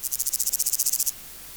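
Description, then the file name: Bolivar's grasshopper, a fast train of many sharp, high-pitched buzzy pulses that stops abruptly, followed by quiet hiss. "Omocestus bolivari"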